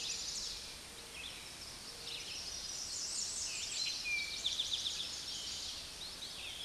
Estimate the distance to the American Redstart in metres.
about 40 m